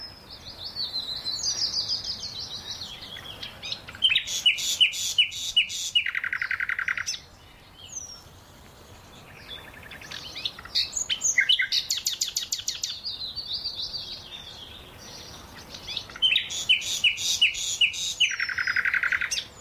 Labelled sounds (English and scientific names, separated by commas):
Common Nightingale (Luscinia megarhynchos) song